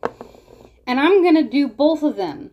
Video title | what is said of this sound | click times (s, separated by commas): Denture Journey Part 24 - Experiment with DenSureFit | So you're going to turn them in the turn of the arrow till it clicks. | 0.0 s